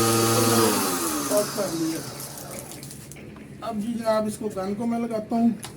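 A spray gun is being fitted onto the quick coupling of a pressure washer hose. A steady humming tone fades out over the first second, then someone talks and a few faint handling knocks are heard between about 2.6 and 3.4 seconds. The clip ends before the gun goes home; nothing has seated or clicked yet.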